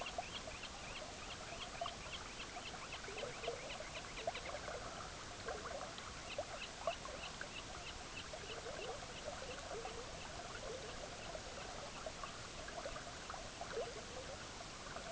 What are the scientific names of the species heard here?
Charadrius semipalmatus